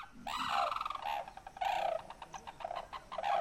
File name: Sarus Crane